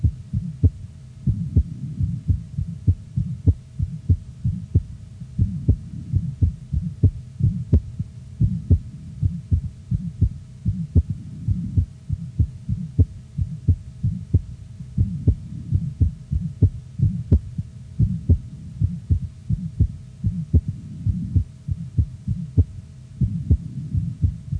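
Fast, regular toddler heartbeat heard by stethoscope, with a soft, low, humming murmur between beats: an innocent Still's murmur.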